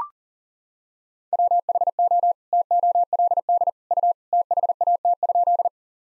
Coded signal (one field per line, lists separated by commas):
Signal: Morse code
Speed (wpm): 40 wpm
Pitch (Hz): 700 Hz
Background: none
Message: WHO TOLD U THAT?